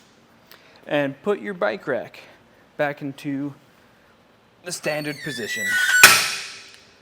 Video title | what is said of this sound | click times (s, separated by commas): etrailer - DIY Install: RockyMounts MonoRail Bike Rack for 2 Bikes on your 2023 Jeep Gladiator | once you hear that click it'll be back in place | 6.0 s